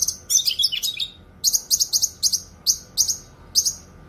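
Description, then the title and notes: Streaked spiderhunter giving sharp, high chittering notes: a dense burst, then short clipped phrases repeated in quick succession. Energetic, clear, long-running singing; made as a bird-training tutor recording. "Pijantung Gunung Gacor Jernih Panjang. Masteran burung"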